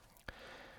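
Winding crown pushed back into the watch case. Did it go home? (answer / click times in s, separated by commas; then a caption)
yes / 0.3 s. The winding crown of a mechanical watch is pushed back in from the time-setting position into its home position, before being screwed down. A faint tick at about 0.2 s comes before a single sharp, positive click at 0.3 s, followed by quiet low hiss. The crown seats cleanly in the case.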